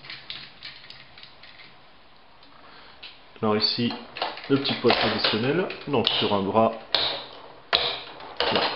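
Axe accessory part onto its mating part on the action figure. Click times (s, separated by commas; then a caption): 0.3 s. A plastic energy axe accessory for a Transformers MasterPiece MP-04 Optimus Prime action figure has its end inserted and is pushed together onto its mating part on the figure, clipping on with small pegs. A sharp click is heard at 0.3 s amid light handling clicks, and the axe is seated. Someone then talks, with a few more sharp clicks later.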